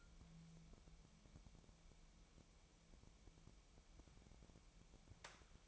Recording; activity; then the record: daily activity, microphone in the room; wipe stove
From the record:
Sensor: 1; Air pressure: 1001.6 hPa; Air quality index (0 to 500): 217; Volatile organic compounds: 27 ppm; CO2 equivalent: 2891 ppm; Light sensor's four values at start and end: 7/28/10/11 and 7/28/10/11